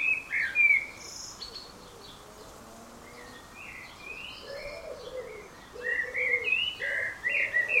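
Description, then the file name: Common blackbird warbling short fluty notes with a quiet gap in between, while lower soft notes repeat underneath. "Turdus merula"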